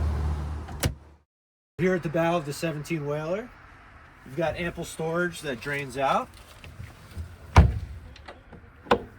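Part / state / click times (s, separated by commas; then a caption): storage hatch lid into boat bow deck / seated / 8.9 s. Someone talks about the bow of a 2024 Boston Whaler 170 Montauk, where a storage compartment that drains out sits under a hatch lid in the bow deck. Sharp knocks are heard at about 0.8 s and 7.6 s, along with softer taps, as the lid is closed and pressed down. A final sharp hit at 8.9 s is the hatch lid latching shut and seating into the deck.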